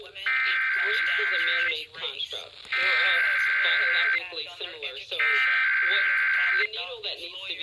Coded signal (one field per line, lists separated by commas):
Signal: Emergency Alert System (SAME) tones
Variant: header bursts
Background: speech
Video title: EAS 5650-5656 KDKA Tests from 3/04/24